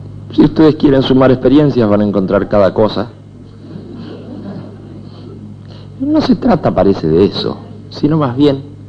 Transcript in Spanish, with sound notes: Si ustedes quieren sumar experiencias van a encontrar cada cosa! (Risas) No se trata, parece, de eso, sino más bien…